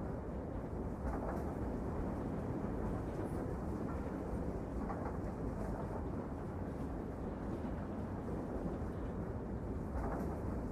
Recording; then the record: background sound without coughing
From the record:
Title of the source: Train Ride Ambience ambient white noise for sleeping, focus, studying, reading